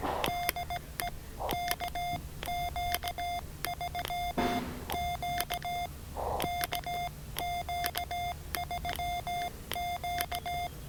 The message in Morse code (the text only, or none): DE KQ3Q KQ3Q